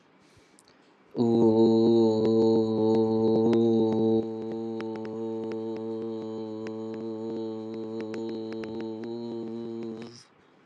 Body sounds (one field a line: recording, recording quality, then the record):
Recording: sustained vowel as in boot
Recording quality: excellent, no background noise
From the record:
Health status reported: exposed to COVID-19, no respiratory illness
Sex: male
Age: 29 years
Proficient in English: yes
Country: India